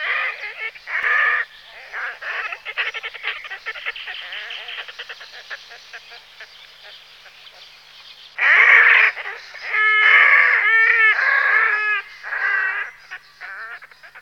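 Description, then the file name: Red-necked grebe calls: harsh, braying notes at first, then a loud run of drawn-out wailing squeals and whinnying notes in the second half. "potápka-rudokrká"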